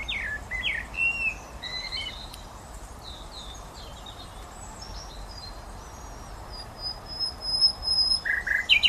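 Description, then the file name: Common nightingale song: scattered short whistles and thin high notes, quieter in the middle, ending with a few louder repeated chirps over steady background noise. "Luscinia megarhynchos"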